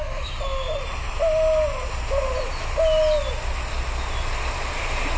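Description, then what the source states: White-winged Dove cooing, several low hooting coos about half a second to a second apart over a steady low rumble and hiss. Played back from a cell phone recording; very owl-like cooing.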